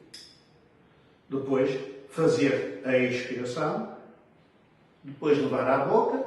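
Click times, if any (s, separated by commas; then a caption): 0.1 s. The plastic dosing base of a dry powder inhaler is rotated after the cap is removed and the dose counter checked. It gives a short, high click at 0.1 s, showing the dose is loaded. Someone then talks.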